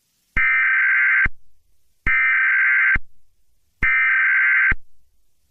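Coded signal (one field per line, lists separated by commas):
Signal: Emergency Alert System (SAME) tones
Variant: header bursts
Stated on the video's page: Fictional EAS scenario, a made-up alert about SCP 096.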